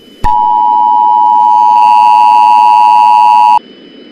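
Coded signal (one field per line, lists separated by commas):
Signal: Emergency Alert System (SAME) tones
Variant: 853 and 960 Hz attention tone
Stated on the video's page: Fictional generic EAS scenario.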